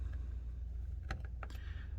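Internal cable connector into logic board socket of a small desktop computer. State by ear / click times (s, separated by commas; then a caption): seated / 1.1 s, 1.4 s. An internal cable connector is pushed back into its socket on the logic board of a Mac mini A1993 during reassembly, over a steady low hum. Sharp clicks land at 1.1 s and 1.4 s, with fainter ticks around them, and the connector seats.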